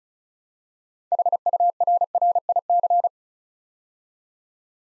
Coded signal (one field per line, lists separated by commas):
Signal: Morse code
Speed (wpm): 36 wpm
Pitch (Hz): 700 Hz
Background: none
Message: HURRIC